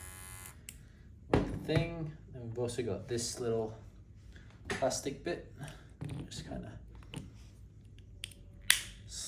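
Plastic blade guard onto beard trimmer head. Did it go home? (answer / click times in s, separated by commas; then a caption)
yes / 8.7 s. A small plastic protective guard is pushed onto the blade head of a Ufree electric beard trimmer for men while someone talks. It snaps into place with a sharp click at 8.7 seconds, and the guard is seated.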